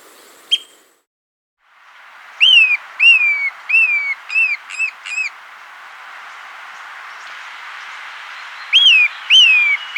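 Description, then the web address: Pale-edged flycatcher calling: clear whistled notes that rise sharply and fall, in a run of six then a later pair, over a background hiss. Recorded in the Andes of South America. "S America Andean Birds. Pale-Edged Flycatcher (Myiarchus Cephalotes)"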